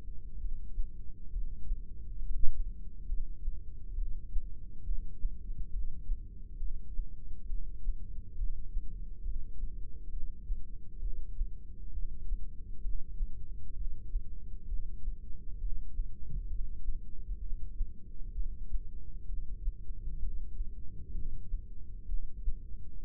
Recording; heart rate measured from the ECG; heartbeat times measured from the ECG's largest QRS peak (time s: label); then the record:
heart sounds by microphone in the right ear; 66 bpm
0.40 s: heartbeat
1.32 s: heartbeat
2.21 s: heartbeat
3.08 s: heartbeat
3.96 s: heartbeat
4.86 s: heartbeat
5.72 s: heartbeat
6.59 s: heartbeat
7.49 s: heartbeat
8.37 s: heartbeat
9.24 s: heartbeat
10.12 s: heartbeat
11.01 s: heartbeat
11.93 s: heartbeat
12.83 s: heartbeat
13.75 s: heartbeat
14.68 s: heartbeat
15.60 s: heartbeat
16.49 s: heartbeat
17.41 s: heartbeat
18.34 s: heartbeat
19.27 s: heartbeat
20.21 s: heartbeat
21.13 s: heartbeat
22.08 s: heartbeat
23.02 s: heartbeat
From the record:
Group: heart failure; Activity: rest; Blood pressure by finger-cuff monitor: 120/93 mmHg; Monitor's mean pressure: 103 mmHg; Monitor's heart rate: 66 bpm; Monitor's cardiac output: 5.6 L/min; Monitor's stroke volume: 84 mL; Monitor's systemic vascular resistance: 1370 dyn s/cm5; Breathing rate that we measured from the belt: 17 breaths a minute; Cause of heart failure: idiopathic cardiomyopathy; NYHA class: 1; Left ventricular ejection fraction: 50%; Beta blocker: bisoprolol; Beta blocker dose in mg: 5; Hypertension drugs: candesartan, spironolactone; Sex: male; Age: 54 years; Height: 180 cm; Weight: 94.6 kg